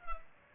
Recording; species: mosquito wingbeat signal from an infrared sensor; Culex pipiens